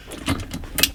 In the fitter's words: here we go i heard the click